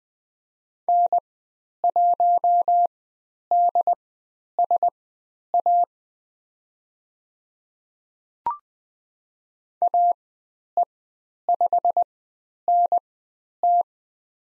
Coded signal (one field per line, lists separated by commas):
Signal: Morse code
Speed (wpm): 20 wpm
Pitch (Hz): 700 Hz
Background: none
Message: N1DSA AE5NT